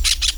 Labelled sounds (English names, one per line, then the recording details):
Brown-throated Parakeet contact call
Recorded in Venezuela
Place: Tumeremo, Edo. Bolivar; Camino de tierra entre el Frio y el fundo Atenas. Fundo San Ramon
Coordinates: 7.414, -61.558